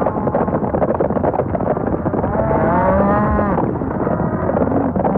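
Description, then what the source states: Cattle lowing over a continuous thundering rumble, one long rising-falling moo standing out in the middle. Cattle stampede.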